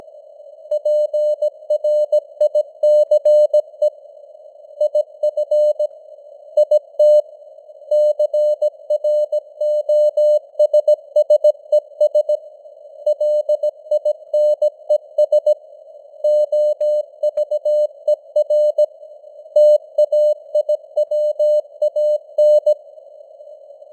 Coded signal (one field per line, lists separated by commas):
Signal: Morse code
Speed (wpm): 17 wpm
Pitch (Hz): 600 Hz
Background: none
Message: PRICE IF IT CROSSES LINES OVER TAIWAN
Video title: Morse Code News | 2025-11-27 | 17wpm